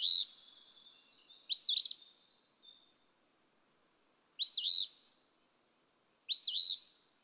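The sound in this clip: Eastern phoebe song: four raspy two-part phrases, a sharply rising-falling note then a burry buzz, spaced irregularly over silence.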